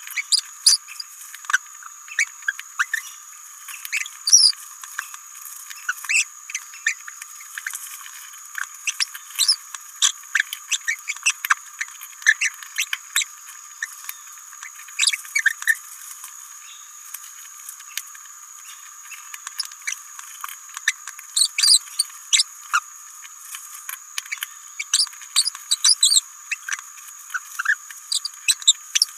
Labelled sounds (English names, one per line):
Green-rumped Parrotlet babbling